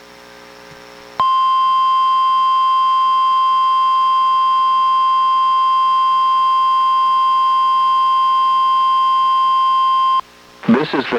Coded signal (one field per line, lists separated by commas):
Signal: Emergency Alert System (SAME) tones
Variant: 1050 Hz attention tone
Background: speech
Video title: EAS #897: NWR Required Weekly Test- Dec. 20, 2023- 11:00AM PST